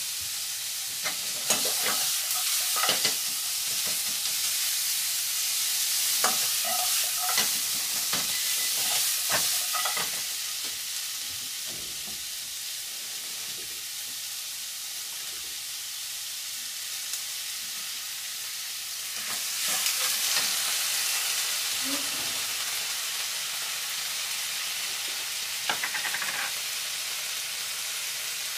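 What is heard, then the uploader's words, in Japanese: Someone is cooking in a kitchen, with a steady bright sizzle like food frying running throughout. Quick clinks and scrapes of stirring come in bursts, busiest in the first ten seconds and again around twenty to twenty-six seconds, with a quieter stretch between. 環境音 朝、何作ったか忘れた。キッチンで何かを作っていた。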